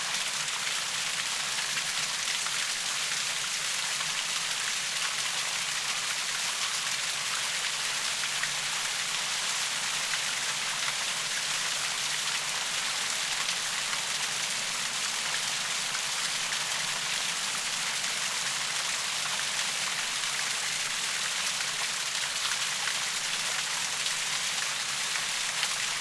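A small forest stream runs with a steady, dense hiss of rushing water, bright and constant for the whole stretch with no pauses. The flow is a thick wash of fine splashing with a faint low rumble underneath.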